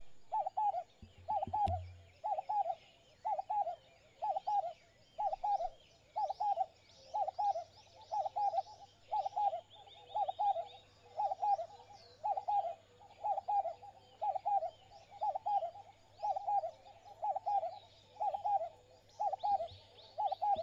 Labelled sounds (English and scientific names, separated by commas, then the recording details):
Vinaceous Dove (Streptopelia vinacea)
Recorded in northern Uganda